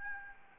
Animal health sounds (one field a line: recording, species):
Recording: mosquito wingbeat signal from an infrared sensor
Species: Aedes albopictus